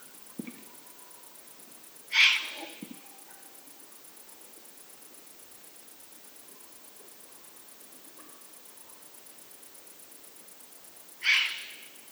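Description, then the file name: Eurasian eagle-owl, young bird: two harsh, breathy hisses about nine seconds apart, over a steady faint background hum. Juvenile. "puchacz mlodociany"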